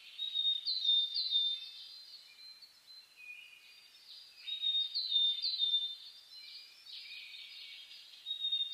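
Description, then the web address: Birds singing together at dawn, bright whistled phrases and rapid chirps layered throughout, loudest near one second and five seconds. Dawn chorus (reimei) of birdsong (saezuri) on 10 May 2010. "reimei -saezuri-20100510"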